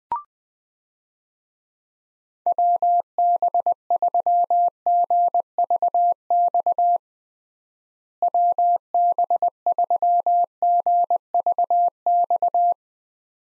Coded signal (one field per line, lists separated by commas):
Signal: Morse code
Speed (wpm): 20 wpm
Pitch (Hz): 700 Hz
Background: none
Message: WB3GVX WB3GVX